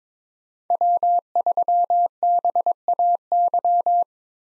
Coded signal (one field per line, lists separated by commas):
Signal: Morse code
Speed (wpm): 22 wpm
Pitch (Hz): 700 Hz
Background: none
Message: W3BAY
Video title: 2023 POTA Activator Call Signs - 22wpm